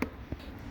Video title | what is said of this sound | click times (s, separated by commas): Burstner Nexxo T660 Demonstration video | extendable handle clicks back into position under those little tabs | 0.0 s